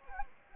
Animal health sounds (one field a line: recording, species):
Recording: mosquito wingbeat signal from an infrared sensor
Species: Anopheles gambiae